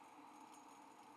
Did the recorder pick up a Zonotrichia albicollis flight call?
no